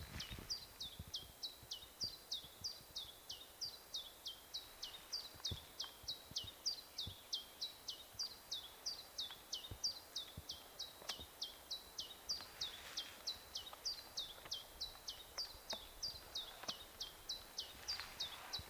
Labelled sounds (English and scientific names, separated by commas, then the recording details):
Common Chiffchaff (Phylloscopus collybita) song
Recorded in the wild
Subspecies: abietinus
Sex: male
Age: adult
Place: Erikslund, Medelpad, Västernorrlands län, SE
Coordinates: 62.5267, 15.9128
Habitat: spruce
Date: 1971-07-12
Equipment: Nagra III PH, MD 211
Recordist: Schneider, Hans-Joachim
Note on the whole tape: Vor Erikslund im Tal des Ljungan, Nordschweden. Phylloscopus collybita abietinus. Gewöhnliche Gesänge mit interessanten Zwischenlauten